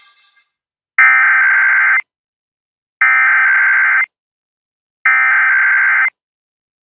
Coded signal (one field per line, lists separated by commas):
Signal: Emergency Alert System (SAME) tones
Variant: header bursts